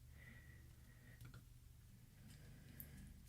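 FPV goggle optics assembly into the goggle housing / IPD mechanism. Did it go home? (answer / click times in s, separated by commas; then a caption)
no / none. While an HDZero FPV goggle is being reassembled and the IPD mechanism is moved back over, the optics/lens assembly is pushed toward its seat in the goggle housing. Against a low steady hum, there are faint handling noises and two small sharp ticks near 2.8 s and 3.3 s. The module has not clicked or seated yet.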